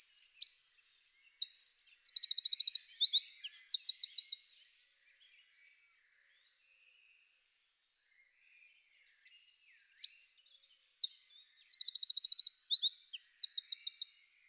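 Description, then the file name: Eurasian wren song: two loud, very high, rapid bursts of twittering notes and fast rattling trills, each lasting about four to five seconds, separated by five seconds of silence. "winterkoning"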